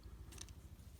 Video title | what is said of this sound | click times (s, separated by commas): G2 Universe Autobot Mirage Review - Transformers Legacy Evolution | we're going to rotate that 180 degrees and you kind of have to push it until it clicks | 0.4 s, 0.5 s